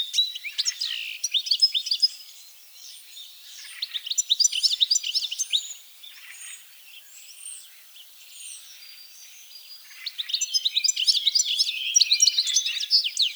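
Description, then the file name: European goldfinch song, bursts of fast twittering separated by quieter stretches of softer chirps, ending in a dense final outburst. "Carduelis carduelis"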